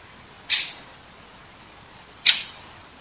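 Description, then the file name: Great Spotted Woodpecker giving two sharp, clipped 'kik' calls about two seconds apart, with nothing else audible. Recorded 21 September 2015. "dzieciol duzy nikolay sariev. dendrocopos major), 2015-09-21"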